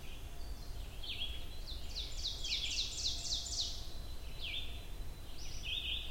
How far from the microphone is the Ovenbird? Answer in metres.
about 45 m